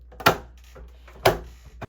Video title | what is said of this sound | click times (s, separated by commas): Cordless Roman Shade #romanshades #windowblinds #windowshades #founditonamazon #commissionsearned | And I know that it's on because I hear the clicking sound that it makes once it's on. | 0.3 s, 1.3 s